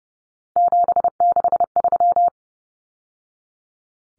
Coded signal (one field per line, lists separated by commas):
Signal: Morse code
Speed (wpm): 30 wpm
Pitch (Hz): 700 Hz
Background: none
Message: 763